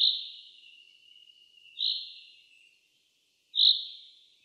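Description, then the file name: Common chaffinch calling with clear high notes that trail off slowly, three calls spaced about every two seconds, with a faint steady tone between them. "Fringilla coelebs"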